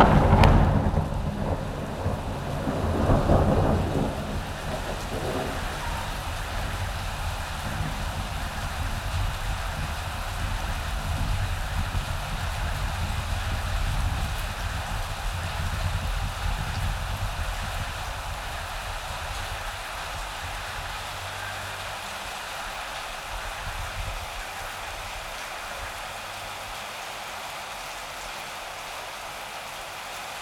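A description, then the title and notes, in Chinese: Rain falls steadily as a dense, even hiss throughout. A low rumble swells in the first few seconds, peaking around three to four seconds, then fades, leaving the rain alone. The low end thins further after twenty seconds while the patter continues unchanged. 雷雨声。夏季的雨。在下雨天的时候录下来。下雨的声音。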